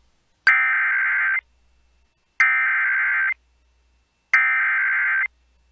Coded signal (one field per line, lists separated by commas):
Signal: Emergency Alert System (SAME) tones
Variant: header bursts